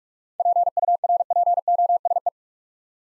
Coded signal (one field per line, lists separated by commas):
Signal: Morse code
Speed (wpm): 46 wpm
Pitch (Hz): 700 Hz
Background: none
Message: PURPOSE